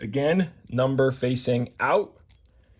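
Someone talks while handling a plastic ball link, number facing out, about to be popped onto a metal link ball on the rotor head of an XLpower Nimbus 550 RC helicopter. After the talking, only a few faint, light ticks of handling are heard. Nothing has seated or clicked yet.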